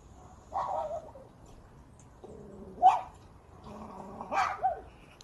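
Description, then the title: Crow imitating a dog, giving three hoarse bark-like calls. "Un corbeau imite un chien."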